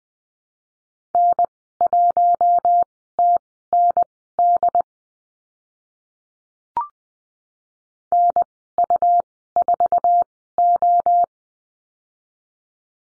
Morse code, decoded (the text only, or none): N1TND NU4O